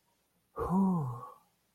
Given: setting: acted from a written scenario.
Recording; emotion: vocal sound without words; relief